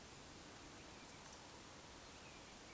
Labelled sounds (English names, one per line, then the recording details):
Eurasian Woodcock whistle
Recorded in Baden-Württemberg, Germany, on 26 May 2020 at 19:50 UTC
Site 45304, 487 m above sea level